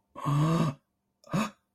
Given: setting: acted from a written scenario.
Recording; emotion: vocal sound without words; positive surprise